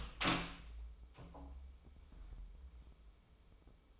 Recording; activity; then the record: daily activity, microphone in the room; open door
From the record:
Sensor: 1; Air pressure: 996.1 hPa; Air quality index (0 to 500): 33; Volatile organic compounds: 1 ppm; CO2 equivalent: 623 ppm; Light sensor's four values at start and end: 14/33/14/16 and 14/33/14/16